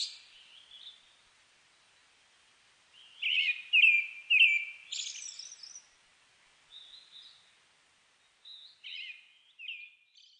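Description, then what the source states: Brown-headed thrush song: a few rich whistled notes and a high flourish, then softer, scattered whistled fragments. Recorded 29 May 2004.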